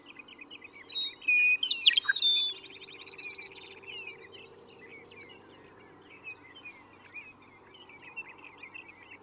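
Western meadowlark song: one bright, gurgling phrase early on, followed by softer twittering.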